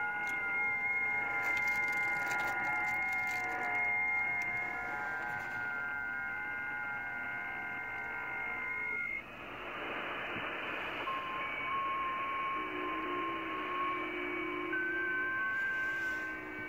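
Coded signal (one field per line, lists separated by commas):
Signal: FT8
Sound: several soft steady warbling tones at once over hiss, set changing midway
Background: radio static, clicks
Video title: V84SAA, Brunei ASIA, 10MHz, FT8, Worked by HL2WA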